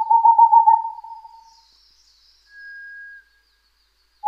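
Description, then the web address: Boreal Owl trill of rapid hoots fading out over about one and a half seconds, then a faint level whistle, and the start of another trill. "kinmefukuro"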